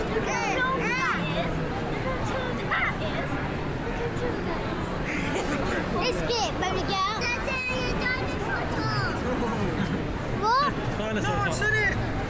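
Crowds of families, tourists and shoppers fill the air with dense overlapping chatter, a steady babble at an even level throughout. Individual voices rise above it now and then, with bright children's calls and laughter near 1, 5–7 and 10–11 seconds.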